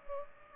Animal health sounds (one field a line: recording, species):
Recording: mosquito wingbeat signal from an infrared sensor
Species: Culex pipiens